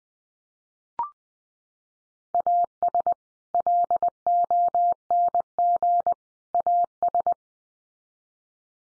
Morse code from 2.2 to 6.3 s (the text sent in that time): AS LONG